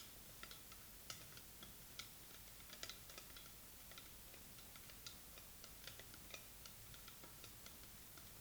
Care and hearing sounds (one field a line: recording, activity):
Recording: daily activity, guitar pickup as the sensor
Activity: fry